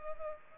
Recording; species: mosquito wingbeat signal from an infrared sensor; Culex pipiens